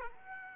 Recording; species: mosquito wingbeat signal from an infrared sensor; Aedes aegypti